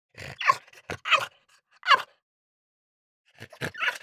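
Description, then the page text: French Bulldog giving several sharp, hoarse yelps, then a pause before more short yelps. "French Bulldog Yelp. Quick Sounds"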